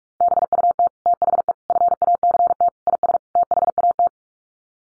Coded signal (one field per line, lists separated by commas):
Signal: Morse code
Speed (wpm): 44 wpm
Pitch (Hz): 700 Hz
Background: none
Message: BUT THE FACT IS THAT